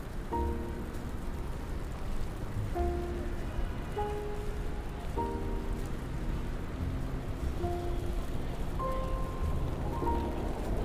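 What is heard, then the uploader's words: Rain falls steadily on a city day, a dense, even patter that never lets up. Through it drift several short, clear tones, a few notes sounding about every second or two. A low rumble sits underneath throughout. Raining Day In New York.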